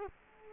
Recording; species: mosquito wingbeat signal from an infrared sensor; Culex quinquefasciatus